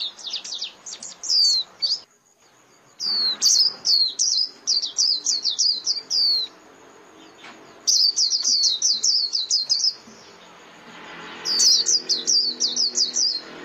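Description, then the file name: White-eye giving bursts of rapid, high-pitched chirps separated by short pauses. Lure call (mồi) used for trapping white-eyes. "Tieng khuyen moi"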